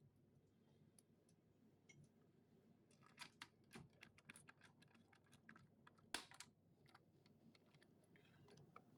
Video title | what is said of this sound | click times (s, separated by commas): Parts or Profit? Fixing 2 Broken Game Boys | I just heard that click into the right place. | 6.1 s